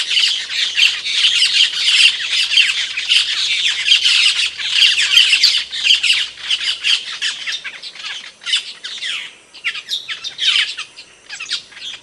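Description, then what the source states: Bird song of dense, harsh, high chattering notes in rapid irregular bursts, continuous at first, then breaking into separate scratchy phrases toward the end. Masteran, training songs for cage birds.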